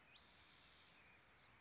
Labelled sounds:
Bewick's Wren
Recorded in Sonoma County, California

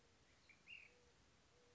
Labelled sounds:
Mourning Dove
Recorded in Sonoma County, California

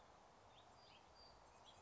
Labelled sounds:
House Finch
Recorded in Sonoma County, California

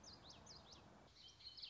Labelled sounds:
Common Yellowthroat
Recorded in Sonoma County, California

